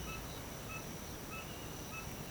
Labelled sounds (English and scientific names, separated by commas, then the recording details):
none
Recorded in pastures near Puerto Asís, Putumayo, Colombia, on 21 March 2025 at 06:00
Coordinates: 0.486, -76.323
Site G075